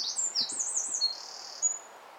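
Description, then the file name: Eurasian wren with a short burst of high, thin notes and a quick trill amid light background hiss. "Troglodytes troglodytes"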